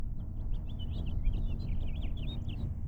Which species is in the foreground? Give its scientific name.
Haemorhous mexicanus